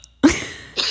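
A loud, abrupt voiced hiccup, followed by the start of another, from an adult woman with persistent, extremely loud hiccups. Each hiccup makes her whole body jump, like a startle.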